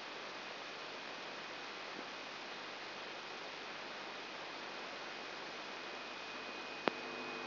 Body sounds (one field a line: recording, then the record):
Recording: brain microelectrode recording played as sound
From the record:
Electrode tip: outside the subthalamic nucleus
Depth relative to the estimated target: 2.5 mm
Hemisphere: left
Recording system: AlphaMap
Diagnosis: Parkinson's disease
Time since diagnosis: 14 years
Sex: female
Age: 63 years